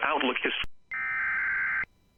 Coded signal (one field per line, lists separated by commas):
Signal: Emergency Alert System (SAME) tones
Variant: header bursts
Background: speech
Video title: EAS #826-838: 3 Days of March Madness (EAS Alerts from 3/9-12/22)